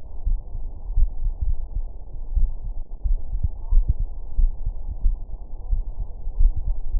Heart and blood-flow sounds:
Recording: heart sounds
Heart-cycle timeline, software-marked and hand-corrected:
0.00	0.25	diastole
0.25	0.39	S1
0.39	0.53	systole
0.53	0.63	S2
0.63	0.95	diastole
0.95	1.09	S1
1.09	1.23	systole
1.23	1.35	S2
1.35	1.71	diastole
1.71	1.83	S1
1.83	1.97	systole
1.97	2.05	S2
2.05	2.35	diastole
2.35	2.51	S1
2.51	2.65	systole
2.65	2.73	S2
2.73	3.05	diastole
3.05	3.19	S1
3.19	3.31	systole
3.31	3.41	S2
3.41	3.71	diastole
3.71	3.85	S1
3.85	3.97	systole
3.97	4.07	S2
4.07	4.39	diastole
4.39	4.53	S1
4.53	4.65	systole
4.65	4.73	S2
4.73	5.05	diastole
5.05	5.17	S1
5.17	5.31	systole
5.31	5.39	S2
5.39	5.71	diastole
5.71	5.83	S1
5.83	5.99	systole
5.99	6.07	S2
6.07	6.39	diastole
6.39	6.53	S1
6.53	6.67	systole
6.67	6.77	S2
6.77	7.00	diastole
From the record:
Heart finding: coronary artery disease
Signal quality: good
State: rest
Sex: male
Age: 62 years

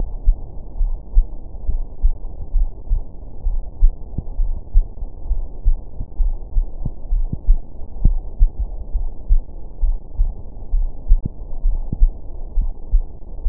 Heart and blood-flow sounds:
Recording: heart sounds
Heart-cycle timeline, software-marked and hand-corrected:
0.00	0.02	S1
0.02	0.26	systole
0.26	0.36	S2
0.36	0.80	diastole
0.80	0.94	S1
0.94	1.16	systole
1.16	1.26	S2
1.26	1.68	diastole
1.68	1.80	S1
1.80	2.02	systole
2.02	2.14	S2
2.14	2.54	diastole
2.54	2.68	S1
2.68	2.90	systole
2.90	3.02	S2
3.02	3.46	diastole
3.46	3.58	S1
3.58	3.82	systole
3.82	3.94	S2
3.94	4.38	diastole
4.38	4.52	S1
4.52	4.74	systole
4.74	4.86	S2
4.86	5.30	diastole
5.30	5.42	S1
5.42	5.66	systole
5.66	5.78	S2
5.78	6.20	diastole
6.20	6.34	S1
6.34	6.56	systole
6.56	6.66	S2
6.66	7.12	diastole
7.12	7.26	S1
7.26	7.48	systole
7.48	7.60	S2
7.60	8.02	diastole
8.02	8.18	S1
8.18	8.40	systole
8.40	8.50	S2
8.50	8.96	diastole
8.96	9.08	S1
9.08	9.30	systole
9.30	9.42	S2
9.42	9.84	diastole
9.84	9.96	S1
9.96	10.20	systole
10.20	10.32	S2
10.32	10.74	diastole
10.74	10.88	S1
10.88	11.10	systole
11.10	11.22	S2
11.22	11.64	diastole
11.64	11.78	S1
11.78	12.00	systole
12.00	12.12	S2
12.12	12.58	diastole
12.58	12.70	S1
12.70	12.92	systole
12.92	13.04	S2
13.04	13.44	diastole
13.44	13.49	S1
From the record:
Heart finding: coronary artery disease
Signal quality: good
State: rest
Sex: female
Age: 72 years

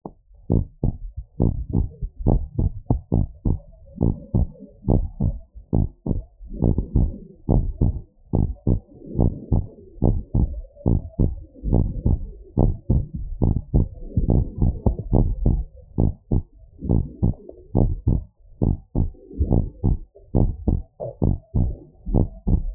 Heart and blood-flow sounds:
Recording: heart sounds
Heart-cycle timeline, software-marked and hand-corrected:
0.00	0.02	S2
0.02	0.52	diastole
0.52	0.64	S1
0.64	0.84	systole
0.84	0.96	S2
0.96	1.42	diastole
1.42	1.54	S1
1.54	1.74	systole
1.74	1.86	S2
1.86	2.28	diastole
2.28	2.42	S1
2.42	2.60	systole
2.60	2.72	S2
2.72	3.18	diastole
3.18	3.28	S1
3.28	3.46	systole
3.46	3.58	S2
3.58	4.02	diastole
4.02	4.16	S1
4.16	4.36	systole
4.36	4.48	S2
4.48	4.90	diastole
4.90	5.06	S1
5.06	5.26	systole
5.26	5.36	S2
5.36	5.78	diastole
5.78	5.88	S1
5.88	6.10	systole
6.10	6.20	S2
6.20	6.62	diastole
6.62	6.76	S1
6.76	6.96	systole
6.96	7.10	S2
7.10	7.50	diastole
7.50	7.64	S1
7.64	7.82	systole
7.82	7.94	S2
7.94	8.40	diastole
8.40	8.52	S1
8.52	8.68	systole
8.68	8.78	S2
8.78	9.20	diastole
9.20	9.34	S1
9.34	9.52	systole
9.52	9.64	S2
9.64	10.04	diastole
10.04	10.18	S1
10.18	10.36	systole
10.36	10.50	S2
10.50	10.92	diastole
10.92	11.02	S1
11.02	11.20	systole
11.20	11.32	S2
11.32	11.70	diastole
11.70	11.86	S1
11.86	12.06	systole
12.06	12.18	S2
12.18	12.58	diastole
12.58	12.74	S1
12.74	12.90	systole
12.90	13.04	S2
13.04	13.42	diastole
13.42	13.54	S1
13.54	13.74	systole
13.74	13.86	S2
13.86	14.30	diastole
14.30	14.44	S1
14.44	14.62	systole
14.62	14.74	S2
14.74	15.14	diastole
15.14	15.28	S1
15.28	15.44	systole
15.44	15.60	S2
15.60	16.00	diastole
16.00	16.12	S1
16.12	16.32	systole
16.32	16.42	S2
16.42	16.90	diastole
16.90	17.04	S1
17.04	17.24	systole
17.24	17.34	S2
17.34	17.80	diastole
17.80	17.94	S1
17.94	18.08	systole
18.08	18.20	S2
18.20	18.66	diastole
18.66	18.78	S1
18.78	18.96	systole
18.96	19.08	S2
19.08	19.50	diastole
19.50	19.66	S1
19.66	19.86	systole
19.86	19.98	S2
19.98	20.42	diastole
20.42	20.52	S1
20.52	20.68	systole
20.68	20.80	S2
20.80	21.28	diastole
21.28	21.38	S1
21.38	21.60	systole
21.60	21.74	S2
21.74	22.12	diastole
22.12	22.26	S1
22.26	22.48	systole
22.48	22.62	S2
22.62	22.75	diastole
From the record:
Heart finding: normal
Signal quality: good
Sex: male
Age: 57 years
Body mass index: 22.2

